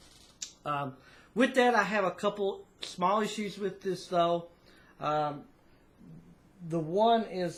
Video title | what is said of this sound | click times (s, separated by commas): Gourmie French Press Travel Mug | down the plunger for your grounds and then it locks in place | 0.4 s